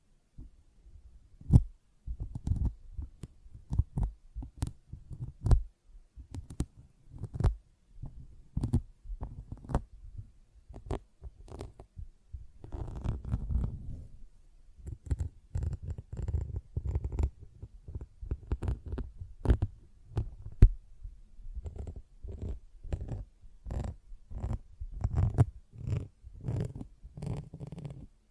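A sponge is handled with a run of sharp, irregular scratches and rubs, each a quick dry burst with a soft low thud underneath. Around the middle the strokes blur into a denser, longer rasping patch, then return to choppy, rapid scrubbing until the end.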